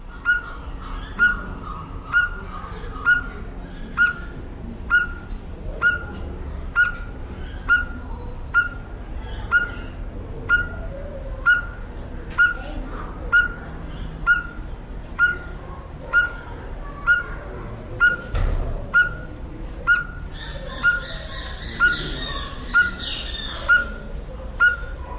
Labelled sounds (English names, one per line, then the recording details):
Speckled Tinkerbird
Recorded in captivity
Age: adult
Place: Zoo Berlin, Berlin, DE
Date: 1994-08-27 11:57
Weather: heiter, 16-22°C
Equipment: Marantz CP 430, Sennheiser ME 80, Kopie Uher Variocord 263
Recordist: Tembrock, Günter